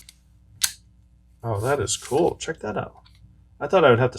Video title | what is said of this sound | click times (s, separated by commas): Olight Odin Mini Review and 45% off flash sale: best home defense flashlight? | All right, so that's in place. We'll turn this to locked. | 0.6 s